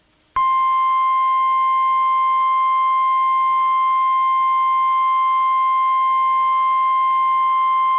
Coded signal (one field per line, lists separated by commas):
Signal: Emergency Alert System (SAME) tones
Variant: 1050 Hz attention tone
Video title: EAS Alert #133- Severe T-storm Warning 5/30/12